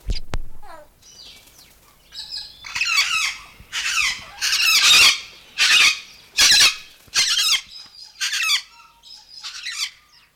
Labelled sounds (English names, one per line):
Major Mitchell's Cockatoo